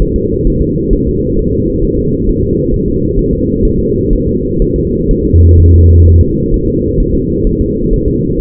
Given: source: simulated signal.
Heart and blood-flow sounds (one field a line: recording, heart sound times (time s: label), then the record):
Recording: fetal heart sounds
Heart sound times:
0.02 s: S1
0.16 s: S2
0.47 s: S1
0.61 s: S2
0.93 s: S1
1.07 s: S2
1.39 s: S1
1.53 s: S2
1.84 s: S1
1.99 s: S2
2.29 s: S1
2.43 s: S2
2.74 s: S1
2.88 s: S2
3.19 s: S1
3.33 s: S2
3.65 s: S1
3.79 s: S2
4.13 s: S1
4.27 s: S2
4.62 s: S1
4.76 s: S2
5.11 s: S1
5.25 s: S2
5.60 s: S1
5.74 s: S2
6.07 s: S1
6.21 s: S2
6.54 s: S1
6.68 s: S2
7.00 s: S1
7.14 s: S2
7.47 s: S1
7.61 s: S2
7.93 s: S1
8.08 s: S2
8.40 s: S1
From the record:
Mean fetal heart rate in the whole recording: 130 bpm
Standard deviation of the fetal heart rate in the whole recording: 4 bpm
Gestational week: 38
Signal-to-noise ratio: -10.2 dB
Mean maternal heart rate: 72 bpm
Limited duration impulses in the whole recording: present